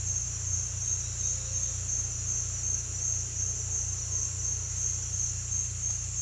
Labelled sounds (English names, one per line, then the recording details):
none
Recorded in dense forest near Puerto Asís, Putumayo, Colombia, on 16 December 2024 at 07:30
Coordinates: 0.467, -76.328
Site GP05